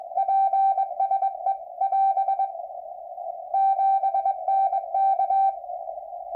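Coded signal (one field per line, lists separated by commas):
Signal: Morse code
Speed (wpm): 21 wpm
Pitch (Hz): 780 Hz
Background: radio noise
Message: PSE <AS> 7NK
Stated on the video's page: Nightly CW traffic net of the National Traffic System.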